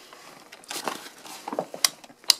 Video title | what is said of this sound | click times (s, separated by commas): Britax USA Advocate ClickTight Full Review 2016 | you'll hear it click gives you an indication that your baby is secure | 1.9 s, 2.3 s